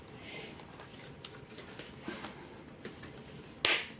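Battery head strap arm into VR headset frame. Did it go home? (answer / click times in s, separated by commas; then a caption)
yes / 3.7 s. A battery head strap arm is positioned on a VR headset frame and pushed until it clips in. Faint handling noises and light taps come before a sharp, loud click at 3.6 seconds. The click shows the strap arm is seated in the frame.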